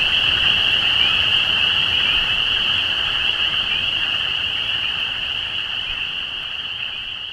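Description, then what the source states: Spring peepers calling in a dense, continuous chorus of high, shrill peeps with short rising notes, fading slightly toward the end. Recorded at Easter 2017.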